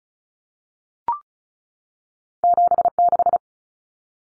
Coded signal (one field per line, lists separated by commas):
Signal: Morse code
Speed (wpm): 34 wpm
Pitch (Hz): 700 Hz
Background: none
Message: 76